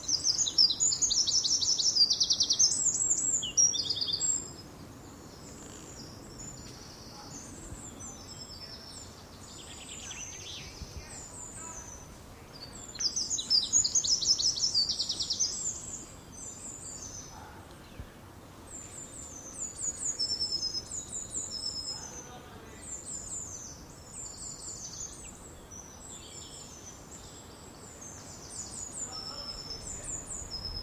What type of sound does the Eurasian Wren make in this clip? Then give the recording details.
song. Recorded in the wild. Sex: male. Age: adult. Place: Southampton, New Forest, England, GB. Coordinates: 50.85, -1.6. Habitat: decidouos forest. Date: 1995-04-01 11:28. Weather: overcast, 10-15°C. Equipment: Sony WM-D6C, Sennheiser ME 80, K 30 AV (III), Kopie Revox C 270. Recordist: Frommolt, Karl-Heinz